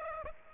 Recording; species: mosquito wingbeat signal from an infrared sensor; Aedes aegypti